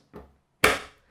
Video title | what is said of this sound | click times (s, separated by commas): Epic $600 Gaming PC Build 2019! [1080p Gaming Benchmarks - GTX 1650 & Ryzen 3!] | it's gonna make a satisfying click sound as so don't force it because it will only go in one way | 0.6 s